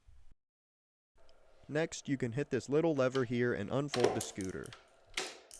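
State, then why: Seated. Someone talks while pressing a small release lever and unfolding the stem of a Leoout T88 e-scooter, whose folding stem goes into its folding joint latch on the scooter deck. A sharp mechanical hit is heard at 5.2 s as the metal folding latch clicks into the locked upright position. The stem is seated.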